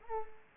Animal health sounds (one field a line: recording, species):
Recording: mosquito wingbeat signal from an infrared sensor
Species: Culex pipiens